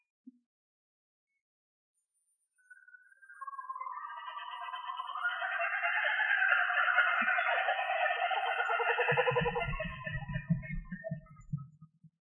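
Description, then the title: Australorp chickens in a loud pulsing chatter that swells and then fades, with a low rumble like a passing vehicle near the end. "manok ostrali"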